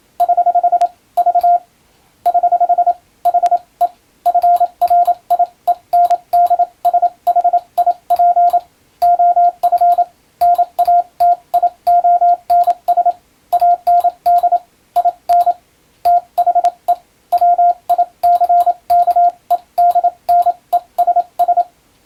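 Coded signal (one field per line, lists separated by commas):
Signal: Morse code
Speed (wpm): 27 wpm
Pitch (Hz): 700 Hz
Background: radio noise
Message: <HH> V <HH> HE FRIENDSHIP OF NATIONS AND IN THE WICKEDNESS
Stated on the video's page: Morse code receiving practice for the Japanese radiotelegraph operator national exam, using telegram practice text; also usable as amateur radio copying practice.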